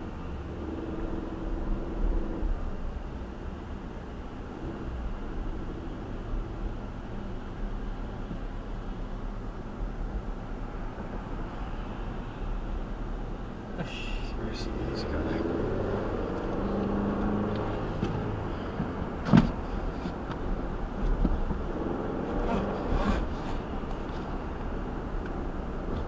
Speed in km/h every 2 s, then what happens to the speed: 31, 37, 42, 44, 44, 45, 48, 56, 68, 68, 69, 72, 72.
0-5 speeds up to 44. 9-16 speeds up to 68. 16-26 steady at about 69.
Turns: none.